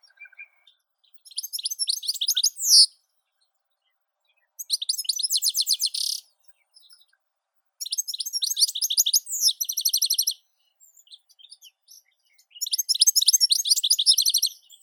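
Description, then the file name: European goldfinch song in four bursts of quick, chattering twitters and trills, separated by short pauses. "Golosa ptic - CSHegol Carduelis carduelis"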